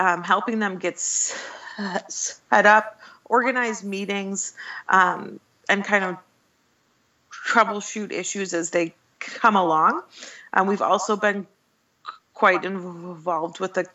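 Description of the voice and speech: Adult woman who stutters, speaking with stretched sounds, silent blocks before words and a restarted phrase.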